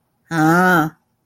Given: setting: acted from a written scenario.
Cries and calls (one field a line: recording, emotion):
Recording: vocal sound without words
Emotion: anger